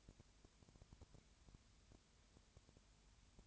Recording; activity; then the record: daily activity, microphone in the room; no activity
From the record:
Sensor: 2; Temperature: 20.4 degrees Celsius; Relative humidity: 35.5%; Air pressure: 1007.1 hPa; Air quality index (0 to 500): 122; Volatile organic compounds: 2 ppm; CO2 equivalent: 1257 ppm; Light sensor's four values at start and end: 2/3/2/2 and 2/3/2/2